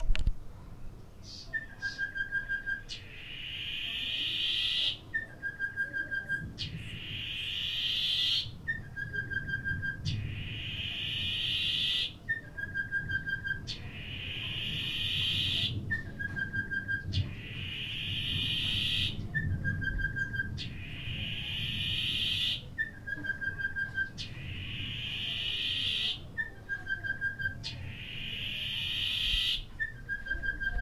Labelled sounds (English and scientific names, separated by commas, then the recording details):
Sulphur-breasted Bushshrike (Telophorus sulfureopectus)
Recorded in Lake Mburo, Uganda